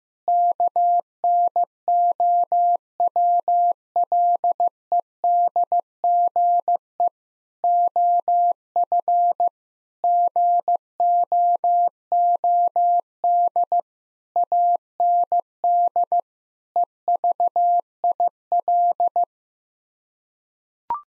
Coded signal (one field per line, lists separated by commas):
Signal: Morse code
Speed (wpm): 15 wpm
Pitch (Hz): 700 Hz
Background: none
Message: KNOWLEDGE OF GOOD AND EVIL